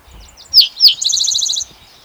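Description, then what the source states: Spotted Towhee song: a pair of loud slurred notes leading into a quick, even buzzy trill. Individual number one, recorded in Rhodes Canyon, Utah County, Utah, June 22, 2010.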